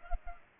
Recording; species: mosquito wingbeat signal from an infrared sensor; Culex pipiens